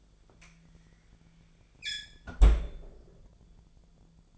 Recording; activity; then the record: daily activity, microphone in the room; close fridge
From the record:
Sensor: 5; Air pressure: 1009.8 hPa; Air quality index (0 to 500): 161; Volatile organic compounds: 4 ppm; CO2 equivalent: 1564 ppm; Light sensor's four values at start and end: 122/312/130/139 and 120/308/128/137